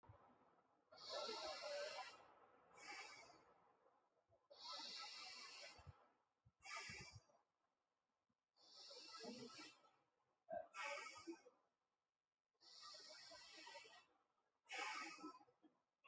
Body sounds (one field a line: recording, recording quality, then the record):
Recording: deep breathing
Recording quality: excellent, no background noise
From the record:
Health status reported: healthy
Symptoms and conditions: none ticked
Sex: male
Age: 47 years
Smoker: not ticked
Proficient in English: yes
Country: India